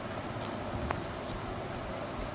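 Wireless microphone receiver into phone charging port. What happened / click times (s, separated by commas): The small plug seated in its port / 0.9 s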